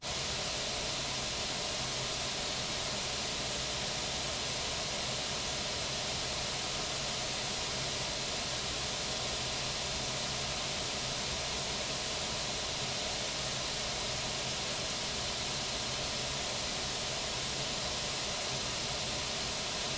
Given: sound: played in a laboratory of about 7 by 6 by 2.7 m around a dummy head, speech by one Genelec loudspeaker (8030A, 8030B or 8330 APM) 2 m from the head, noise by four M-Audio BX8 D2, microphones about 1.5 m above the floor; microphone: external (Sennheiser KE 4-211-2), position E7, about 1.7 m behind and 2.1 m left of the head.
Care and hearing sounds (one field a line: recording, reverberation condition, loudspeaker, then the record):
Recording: white noise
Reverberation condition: low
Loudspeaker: four, about 170 cm from the corners of the room and facing them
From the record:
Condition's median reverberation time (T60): about 310 ms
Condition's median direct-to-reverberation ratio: about 3.5 dB